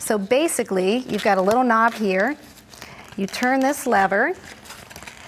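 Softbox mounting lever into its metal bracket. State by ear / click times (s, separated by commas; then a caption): seated / 5.0 s, 5.1 s. Someone talks while turning the lever on a compact, all-metal softbox speedlight bracket. A quick series of clicks follows at 5.0, 5.0 and 5.1 seconds as the softbox mounting lever locks into place in its metal bracket.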